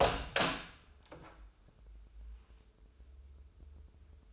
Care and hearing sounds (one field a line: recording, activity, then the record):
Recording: daily activity, microphone in the room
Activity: open door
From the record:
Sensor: 2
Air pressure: 996.0 hPa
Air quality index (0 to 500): 34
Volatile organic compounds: 1 ppm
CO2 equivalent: 607 ppm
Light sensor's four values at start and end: 11/27/11/12 and 12/27/12/12